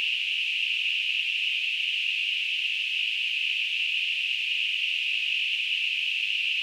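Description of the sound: Simulated tinnitus: a steady, unbroken high-pitched hiss concentrated in a narrow band around 2.5–3 kHz, holding the same loudness throughout, with nothing in the low frequencies.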